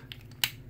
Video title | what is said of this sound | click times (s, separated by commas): Composite EnerJoe Reviews: Transformers Revenge of the Fallen Voyager Ironhide | On mine, yeah, you should hear a click. | 0.1 s, 0.4 s